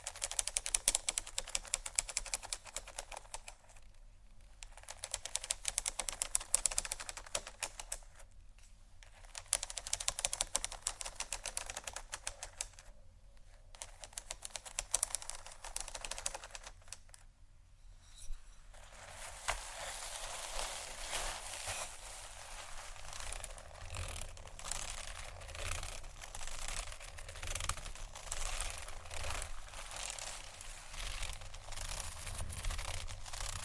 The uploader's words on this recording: ASMR 4 Textured Bags 1 Hour（No Talking）.